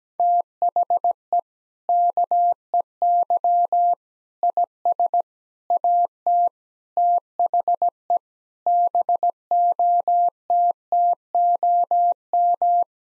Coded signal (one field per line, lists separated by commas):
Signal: Morse code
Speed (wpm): 17 wpm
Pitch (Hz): 700 Hz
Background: none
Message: THE KEY IS AT THE BOTTOM